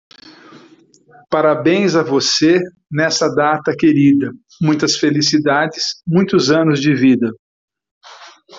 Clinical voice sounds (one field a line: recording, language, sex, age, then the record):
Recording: short text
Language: Brazilian Portuguese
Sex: male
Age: 50 to 59 years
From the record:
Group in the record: control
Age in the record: 56 years